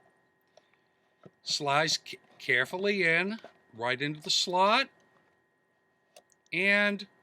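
The film-carrying inner part of a Kodak Brownie Target Six-20 box camera is slid carefully into its slot in the outer case while someone talks. Only a few faint ticks are heard between the words. Nothing has seated or clicked into place yet.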